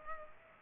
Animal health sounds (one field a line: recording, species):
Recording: mosquito wingbeat signal from an infrared sensor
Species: Culex pipiens